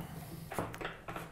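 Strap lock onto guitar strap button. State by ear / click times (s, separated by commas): not seated / none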